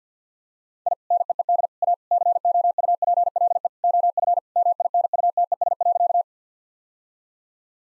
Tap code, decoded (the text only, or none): none